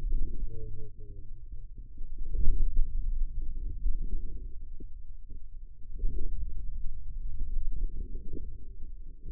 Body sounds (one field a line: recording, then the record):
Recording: forearm muscle sounds (acoustic myography)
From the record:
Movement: finger pinch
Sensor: system 2, bracelet of six BSWA MPA416 microphones around the upper forearm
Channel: 6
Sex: male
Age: 22 years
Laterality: right